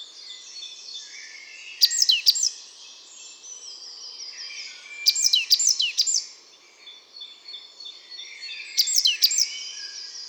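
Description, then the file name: Great tit giving brief clusters of sharp, high, descending notes, three bursts roughly every three to four seconds, set against a steady background of other birds singing. "Parus major"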